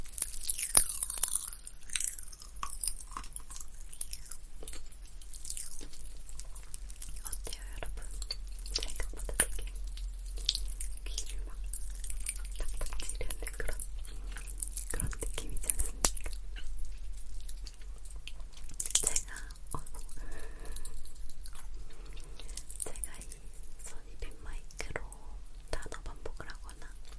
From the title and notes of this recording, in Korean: 톡톡톡 팝핑캔디 eating sound. 이번에는 소니 핀마이크로 가져왔어요.